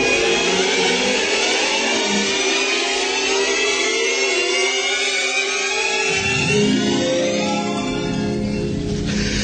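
Wine vapour gushes out of a hole drilled in the top of a head in a loud, steady hiss that fills the whole stretch without pause, its rushing noise shifting slightly deeper and rougher toward the end.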